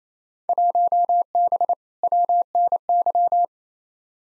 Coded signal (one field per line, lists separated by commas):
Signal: Morse code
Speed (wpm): 27 wpm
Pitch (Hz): 700 Hz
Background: none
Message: 1B WNY